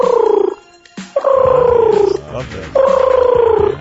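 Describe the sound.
A person imitates a screech owl with three loud, drawn-out, quavering hoots, each trembling steadily and sliding slightly downward in pitch, separated by brief pauses.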